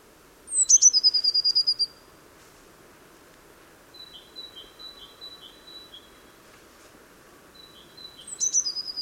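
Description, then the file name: Eurasian blue tit calls: high thin notes followed by a quick scolding trill, then a softer series of short repeated notes, and the trill again at the end. "Cyanistes caeruleus"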